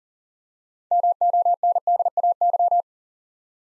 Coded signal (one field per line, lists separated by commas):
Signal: Morse code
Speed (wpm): 40 wpm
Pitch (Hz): 700 Hz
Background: none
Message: MONDAY